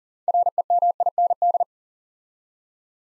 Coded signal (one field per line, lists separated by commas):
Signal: Morse code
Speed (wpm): 43 wpm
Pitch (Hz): 700 Hz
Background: none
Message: REMIND